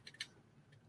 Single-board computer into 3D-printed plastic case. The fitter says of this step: you can oh the pie moved but yeah snap into place now you got a